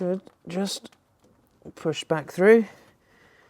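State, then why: Not seated. Someone talks while handling the coolant hose connector on a Renault Clio 1.2 16v during a coolant flush and change, about to push it back through the hole in the bracket so its plastic lock clip can engage. Only speech and faint handling noise are heard. Nothing has seated or clicked yet.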